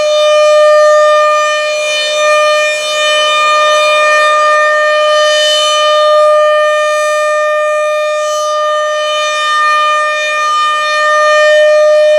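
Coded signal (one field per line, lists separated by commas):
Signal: siren signal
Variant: RM-130 siren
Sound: continuous steady-pitch outdoor siren wail, slowly swelling and fading as it rotates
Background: outdoor ambience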